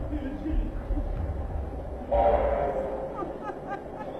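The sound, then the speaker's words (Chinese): A train rumbles along with a heavy, steady low roar, then a loud sustained horn blares over it about halfway through and holds, with voices faintly mixed in. “火车，火车啊！”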